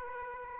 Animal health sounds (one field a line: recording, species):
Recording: mosquito wingbeat signal from an infrared sensor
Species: Aedes aegypti